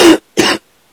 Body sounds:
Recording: coughing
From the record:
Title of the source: 60 coughing still (deep and wet cough)

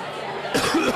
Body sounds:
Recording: coughing mixed with background sound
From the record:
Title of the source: Coughing 46

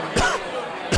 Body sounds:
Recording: coughing mixed with background sound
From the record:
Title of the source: Coughing 51

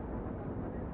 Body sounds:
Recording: background sound without coughing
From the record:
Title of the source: Train Ride Ambience ambient white noise for sleeping, focus, studying, reading

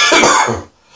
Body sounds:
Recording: coughing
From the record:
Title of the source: Spring Cold Coughing 2

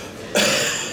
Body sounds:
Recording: coughing mixed with background sound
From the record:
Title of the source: Wet Throat Infection Cough

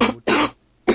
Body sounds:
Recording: coughing mixed with background sound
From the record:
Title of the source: 61 morning phlegmy cough...again

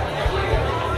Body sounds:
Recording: background sound without coughing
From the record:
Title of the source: CITY SOUNDS Busy Bar in the Evening Night - 2 HOURS of Ambiance for Relaxation

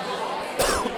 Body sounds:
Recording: coughing mixed with background sound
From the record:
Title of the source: Coughing 79

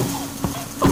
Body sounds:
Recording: coughing mixed with background sound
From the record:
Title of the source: Spring Allergy Coughing

